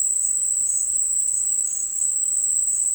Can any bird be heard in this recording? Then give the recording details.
no. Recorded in dense forest near Puerto Asís, Putumayo, Colombia, on 18 February 2024 at 10:00. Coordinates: 0.484, -76.317. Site G6464